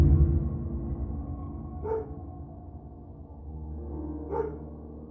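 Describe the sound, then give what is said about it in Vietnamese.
A dog standing outside at the edge of the porch barks twice, single sharp yelps spaced a couple of seconds apart, over a steady low rumbling background hum. “con Vàng là vẫn tiếp tục đứng ở đầu hè bên ngoài, thi thoảng lại sủa lên vài tiếng”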